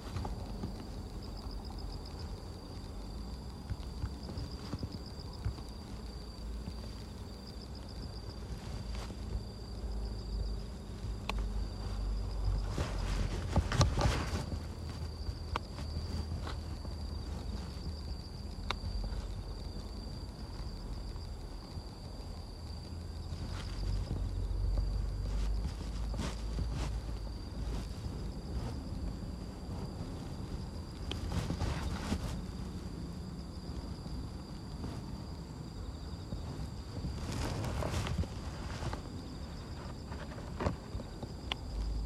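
Weeding a carrot bed at dusk: grass being pulled by hand, with scissors snipping the larger stalks now and then. Rustling and tugging run steadily throughout, with sharper crackling bursts around 13–14, 31 and 38 seconds, over a thin, constant high whine.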